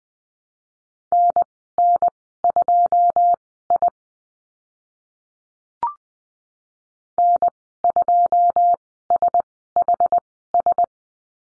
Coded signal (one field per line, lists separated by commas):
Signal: Morse code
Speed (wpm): 20 wpm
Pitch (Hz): 700 Hz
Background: none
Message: NN2I N2SHS